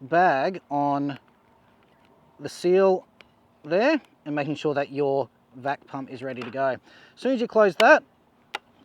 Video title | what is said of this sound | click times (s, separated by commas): Deluxe Vacuum Sealer - Wildtrak Leisure Australia | you'll hear it click | 8.6 s